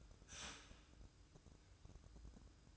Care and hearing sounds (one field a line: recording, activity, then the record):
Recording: daily activity, microphone in the room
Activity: start toaster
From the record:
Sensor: 2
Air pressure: 1007.0 hPa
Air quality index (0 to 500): 40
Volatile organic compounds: 1 ppm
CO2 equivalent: 541 ppm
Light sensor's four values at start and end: 6/14/6/6 and 6/14/6/6